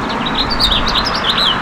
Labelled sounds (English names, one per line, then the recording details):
House Finch song
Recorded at Glen Cove on Long Island, New York, on 14 June 2013
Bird A